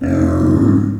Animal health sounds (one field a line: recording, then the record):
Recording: squeal of a Yucatan mini pig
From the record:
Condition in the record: after surgery on the right vocal fold (resection and tissue-engineered implant)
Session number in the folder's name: 7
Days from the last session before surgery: 47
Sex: female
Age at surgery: 19 weeks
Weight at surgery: 25 kg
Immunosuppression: prednisolone